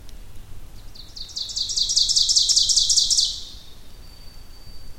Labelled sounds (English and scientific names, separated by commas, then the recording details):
Ovenbird (Seiurus aurocapilla) song
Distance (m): 10 m
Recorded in boreal forest in Alberta, Canada, on 2 June 2016 at 07:35
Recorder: SongMeter 3, array SBT-3-7
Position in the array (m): 196 m, 9 m
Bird 6